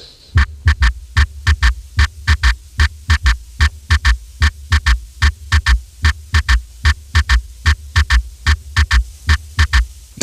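Regular low heartbeat about 74 a minute with a soft extra early-diastolic thud, a third heart sound (S3), in an adult, heard with the stethoscope bell placed lightly on the apical impulse while rolled partway onto the left side, which brings the left ventricle closer to the chest wall. The S3 disappears when the bell is pressed firmly on the chest wall.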